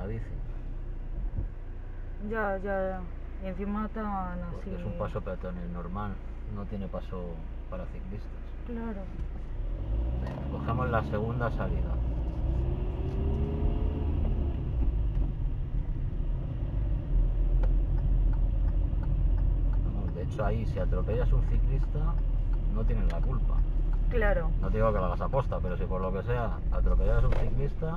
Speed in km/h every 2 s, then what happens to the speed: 1, 0, 0, 0, 0, 8, 20, 18, 20, 20, 20, 17, 14, 8.
0-9 standing. 9-12 pulls away to 20. 12-20 steady at about 20. 20-28 slows to 8.